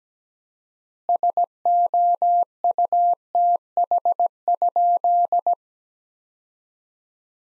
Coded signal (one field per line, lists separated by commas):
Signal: Morse code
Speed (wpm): 17 wpm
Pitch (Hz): 700 Hz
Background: none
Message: SOUTH?